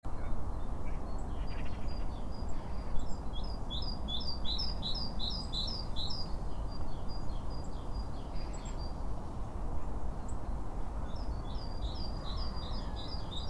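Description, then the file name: Great tit: rapid runs of short, high, downslurred notes in two bursts, over a steady low rumble of background noise. "Parus major"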